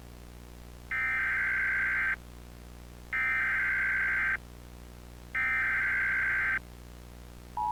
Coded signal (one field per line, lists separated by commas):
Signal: Emergency Alert System (SAME) tones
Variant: header bursts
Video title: (Analog/digital horror) EAS Scenario: The Boiled One Phenomenon